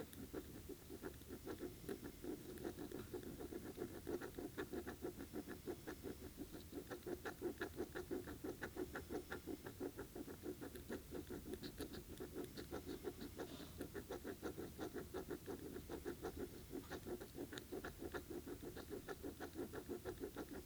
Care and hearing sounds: daily activity, guitar pickup as the sensor; write

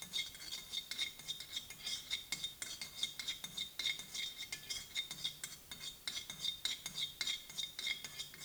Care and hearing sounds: daily activity, guitar pickup as the sensor; fry

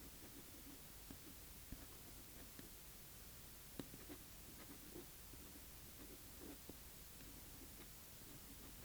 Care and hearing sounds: daily activity, guitar pickup as the sensor; write

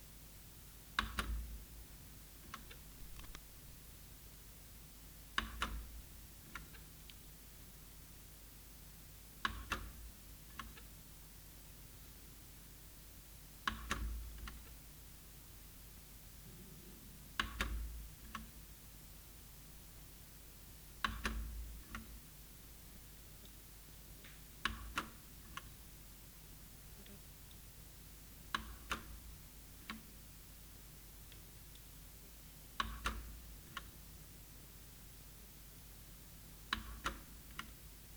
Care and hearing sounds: daily activity, guitar pickup as the sensor; manipulate door

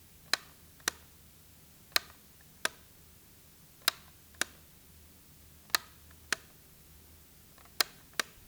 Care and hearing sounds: daily activity, guitar pickup as the sensor; operate light

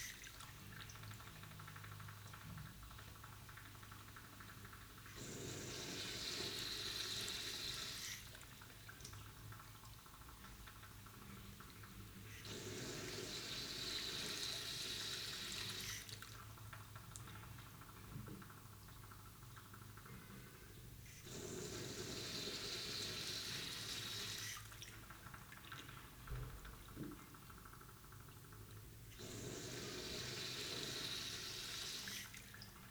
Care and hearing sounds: daily activity, guitar pickup as the sensor; flush

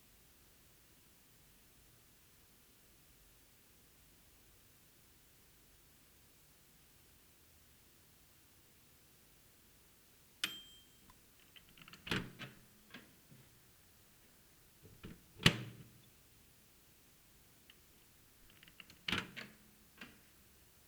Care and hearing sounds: daily activity, guitar pickup as the sensor; use microwave

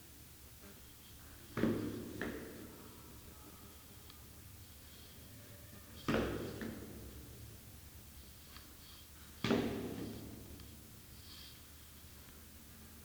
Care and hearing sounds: daily activity, guitar pickup as the sensor; go downstairs

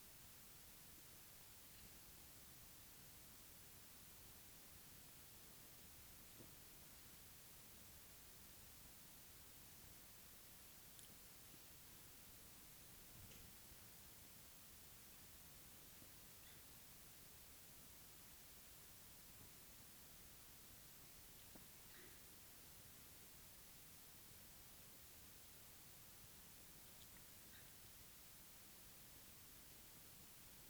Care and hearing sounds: daily activity, guitar pickup as the sensor; drink water

